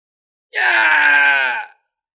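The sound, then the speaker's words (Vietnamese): A loud, anguished scream of a human cultivator caught amid an army of beasts rises abruptly, holds strained and harsh for just over a second, then sags slightly in pitch and cuts off. No talking. “Truyền đến tiếng kêu thét thảm thiết của tu sĩ nhân loại, lọt vào giữa đại quân giả thú như lũ lụt hồng thủy này, ngay cả cường giả đều bị dập nát.”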